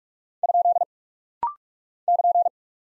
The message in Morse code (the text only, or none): ? <KN>